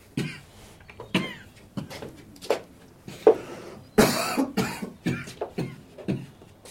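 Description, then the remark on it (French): A long, ragged fit of coughing: a dozen or so harsh, breathy bursts in an uneven rhythm, some sharp and loud, others hoarse and throat-clearing, with no talking. “Je t'ai entendu tousser toute la nuit.”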